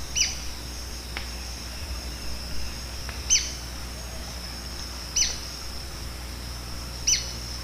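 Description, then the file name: White-crested spadebill sharp, high single notes repeated every two to three seconds, set against a steady insect drone. "canto do patinho de coroa branca"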